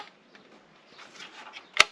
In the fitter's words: and does snap into place, which is really nice.